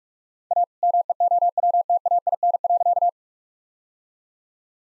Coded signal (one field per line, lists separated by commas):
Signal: Morse code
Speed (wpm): 43 wpm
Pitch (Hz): 700 Hz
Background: none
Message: A MEOWTAIN.